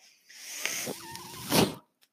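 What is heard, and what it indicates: About two seconds of steady mechanical hiss with a faint whirring whine, ending in a louder airy rush before it cuts off. This is the speaker's own home mechanical ventilator delivering a breath, heard in a pause in his speech.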